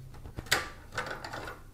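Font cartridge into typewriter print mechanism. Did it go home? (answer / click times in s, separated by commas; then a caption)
yes / 0.5 s. A small plastic font cartridge is handled and clicked into its holder in the print mechanism of an IBM 6780 Quietwriter typewriter. A sharp, bright click at 0.5 seconds stands out above soft handling noises and lighter taps, and the cartridge seats firmly in place.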